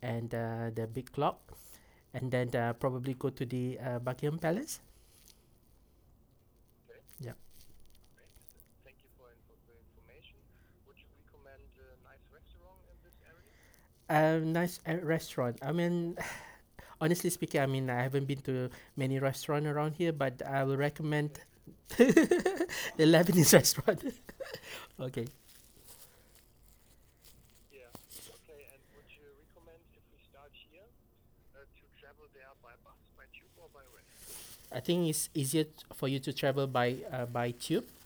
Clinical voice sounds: conversation on a phone call; English; 0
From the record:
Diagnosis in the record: healthy control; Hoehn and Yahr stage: 0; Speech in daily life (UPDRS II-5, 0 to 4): 0

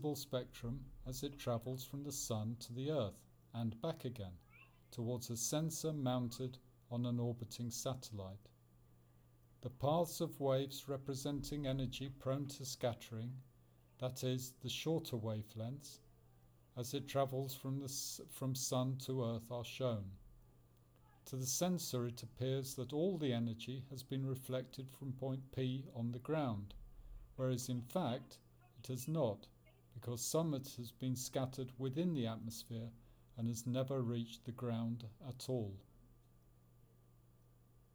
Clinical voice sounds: text read into a phone; English; 0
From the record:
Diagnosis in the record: Parkinson's disease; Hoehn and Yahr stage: 2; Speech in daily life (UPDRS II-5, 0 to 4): 0

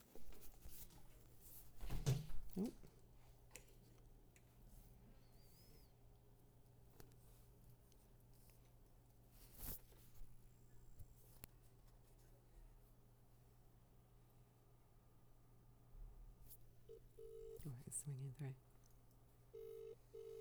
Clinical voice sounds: text read into a phone; English; 0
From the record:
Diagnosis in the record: healthy control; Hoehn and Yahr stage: 0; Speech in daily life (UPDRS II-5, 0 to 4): 0

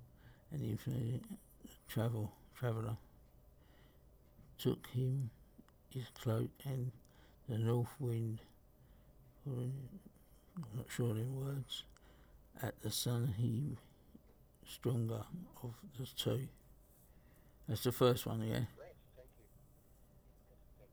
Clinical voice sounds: text read into a phone; English; 2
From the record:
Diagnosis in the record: Parkinson's disease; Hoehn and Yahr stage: 3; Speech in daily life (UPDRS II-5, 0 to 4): 1

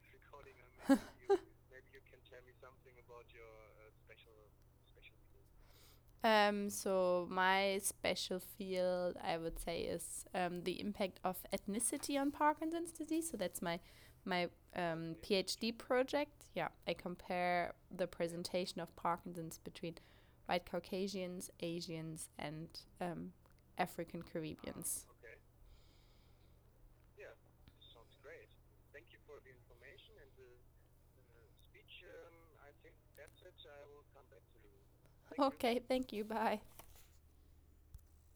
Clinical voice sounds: conversation on a phone call; English; 0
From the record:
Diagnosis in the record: healthy control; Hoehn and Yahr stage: 0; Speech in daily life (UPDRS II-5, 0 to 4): 0

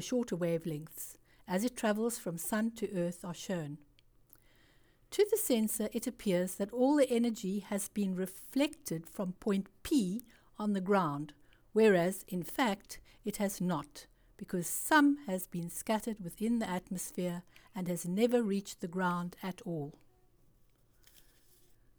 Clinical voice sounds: text read into a phone; English; 0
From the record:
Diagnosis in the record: Parkinson's disease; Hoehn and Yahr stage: 2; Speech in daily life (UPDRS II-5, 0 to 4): 0

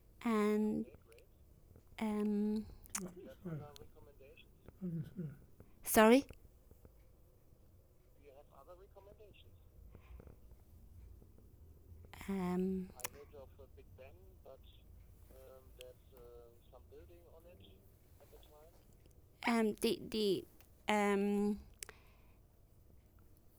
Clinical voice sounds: conversation on a phone call; English; 1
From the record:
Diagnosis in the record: healthy control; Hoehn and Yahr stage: 0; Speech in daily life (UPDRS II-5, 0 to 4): 1

